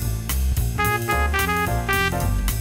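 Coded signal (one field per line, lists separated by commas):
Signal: none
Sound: intro music jingle beeps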